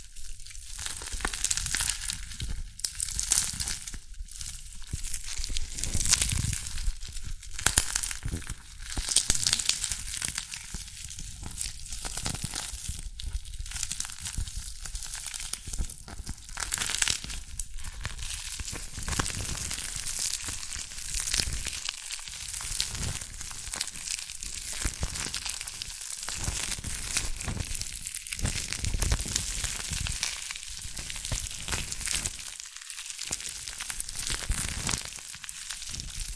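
Dalgona candy being tapped and cracked, a dense run of sharp, crisp crackles and scratchy crunching that comes in uneven bursts with brief pauses.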